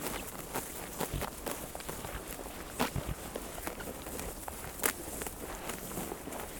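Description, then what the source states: Sheep chewing, sharp crisp crunches spaced irregularly, a few loud snaps among softer grinding. Sheep chewing grass.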